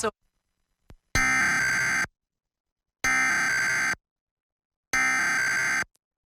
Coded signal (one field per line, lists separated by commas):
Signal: Emergency Alert System (SAME) tones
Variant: header bursts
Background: speech